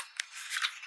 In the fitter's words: We got four buckles that just snap into place.